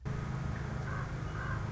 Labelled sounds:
Western Meadowlark
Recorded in Sonoma County, California

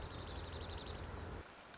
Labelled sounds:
Dark-eyed Junco
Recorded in Sonoma County, California

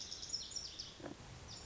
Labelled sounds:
Lazuli Bunting
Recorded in Sonoma County, California

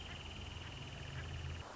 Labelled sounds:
Wrentit
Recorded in Sonoma County, California

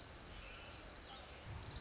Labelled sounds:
Orange-crowned Warbler
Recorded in Sonoma County, California

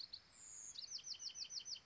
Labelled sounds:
Bewick's Wren
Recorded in Sonoma County, California

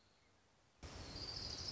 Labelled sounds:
Orange-crowned Warbler
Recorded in Sonoma County, California

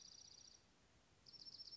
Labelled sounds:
Dark-eyed Junco
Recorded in Sonoma County, California

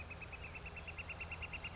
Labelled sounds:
Northern Flicker
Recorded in Sonoma County, California

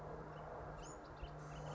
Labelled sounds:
Bewick's Wren
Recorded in Sonoma County, California

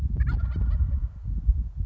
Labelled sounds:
Wild Turkey
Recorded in Sonoma County, California

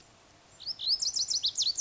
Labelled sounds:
Lazuli Bunting
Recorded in Sonoma County, California

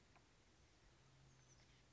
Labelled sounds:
Oak Titmouse
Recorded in Sonoma County, California

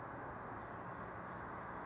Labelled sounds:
Oak Titmouse
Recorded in Sonoma County, California

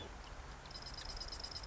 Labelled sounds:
Marsh Wren
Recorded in Sonoma County, California

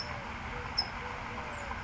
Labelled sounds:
California Towhee
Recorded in Sonoma County, California

